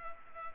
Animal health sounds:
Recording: mosquito wingbeat signal from an infrared sensor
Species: Culex pipiens

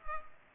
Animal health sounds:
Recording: mosquito wingbeat signal from an infrared sensor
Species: Culex pipiens

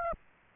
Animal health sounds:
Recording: mosquito wingbeat signal from an infrared sensor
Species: Aedes aegypti

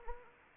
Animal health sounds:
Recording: mosquito wingbeat signal from an infrared sensor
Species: Anopheles arabiensis

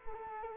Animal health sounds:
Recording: mosquito wingbeat signal from an infrared sensor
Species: Culex quinquefasciatus

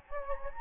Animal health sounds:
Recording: mosquito wingbeat signal from an infrared sensor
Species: Anopheles gambiae

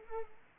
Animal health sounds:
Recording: mosquito wingbeat signal from an infrared sensor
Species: Culex pipiens

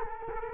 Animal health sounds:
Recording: mosquito wingbeat signal from an infrared sensor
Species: Culex quinquefasciatus

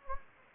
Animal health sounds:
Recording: mosquito wingbeat signal from an infrared sensor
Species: Anopheles gambiae

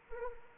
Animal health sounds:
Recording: mosquito wingbeat signal from an infrared sensor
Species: Anopheles arabiensis

